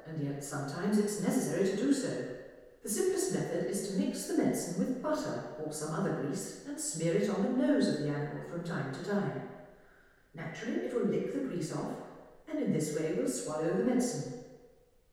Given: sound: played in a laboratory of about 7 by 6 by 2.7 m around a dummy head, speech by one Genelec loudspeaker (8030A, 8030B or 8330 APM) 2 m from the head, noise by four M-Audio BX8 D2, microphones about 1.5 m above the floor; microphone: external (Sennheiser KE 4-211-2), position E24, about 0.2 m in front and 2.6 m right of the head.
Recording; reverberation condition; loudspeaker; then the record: female speech in English; high; 60 degrees to the left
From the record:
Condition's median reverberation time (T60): about 1300 ms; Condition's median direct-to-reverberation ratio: about -4.0 dB